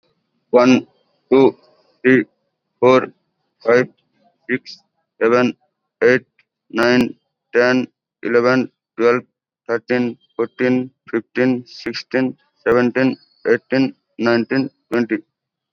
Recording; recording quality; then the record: counting at a normal pace; excellent, no background noise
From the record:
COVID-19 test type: RT-PCR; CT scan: not taken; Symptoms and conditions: none ticked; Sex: male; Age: 29 years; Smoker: yes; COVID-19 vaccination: both doses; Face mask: worn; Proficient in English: yes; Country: India